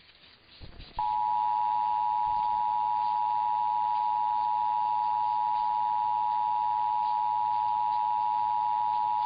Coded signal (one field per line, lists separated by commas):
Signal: Emergency Alert System (SAME) tones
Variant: 853 and 960 Hz attention tone